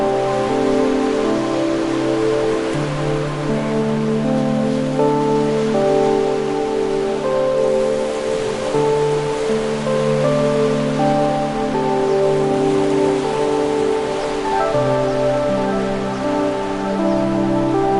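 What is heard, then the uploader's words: Soft piano chords shift every few seconds over a warm low line, layered on a steady hiss of ocean wash that never lets up. Tropical Breeze & Piano Melodies By The Ocean | Relaxing Music & Ocean Waves.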